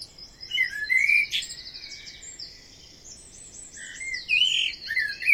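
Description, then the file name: Common blackbird song of high, twittering and squeaky warbled phrases around a strong burst near one second, with a second bright phrase near the end. "Amsel"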